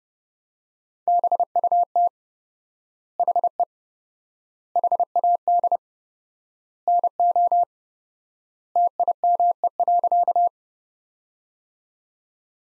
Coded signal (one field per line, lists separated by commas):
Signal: Morse code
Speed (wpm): 30 wpm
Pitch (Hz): 700 Hz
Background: none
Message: BUT HE HAD NO TIME.